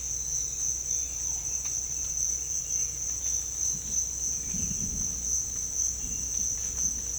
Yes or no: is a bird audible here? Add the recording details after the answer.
no. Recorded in dense forest near Puerto Asís, Putumayo, Colombia, on 21 December 2024 at 06:30. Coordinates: 0.486, -76.317. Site G003